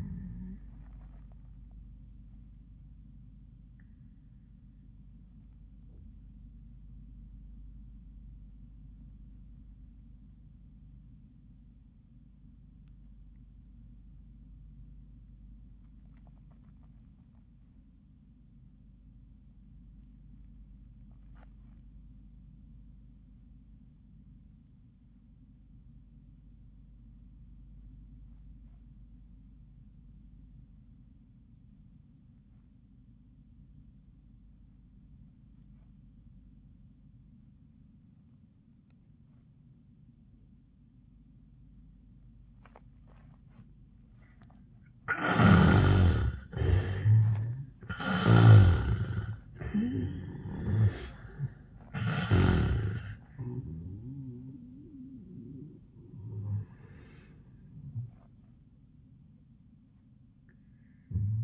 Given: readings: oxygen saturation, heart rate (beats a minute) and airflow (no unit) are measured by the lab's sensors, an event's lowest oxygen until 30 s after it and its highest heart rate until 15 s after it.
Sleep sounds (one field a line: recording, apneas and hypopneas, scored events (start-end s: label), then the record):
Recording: breathing in sleep by a smartphone at the bedside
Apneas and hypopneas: 1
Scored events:
3.00-46.00 s: obstructive apnea (REM, oxygen 95% highest, then 66% lowest, heart rate 86 at the start, 95 highest)
From the record:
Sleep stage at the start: REM sleep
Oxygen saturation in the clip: 68 to 95%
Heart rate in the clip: 64 to 95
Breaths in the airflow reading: 4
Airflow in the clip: -23.9 to 11.9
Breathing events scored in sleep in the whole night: 400 in 8.7 hours asleep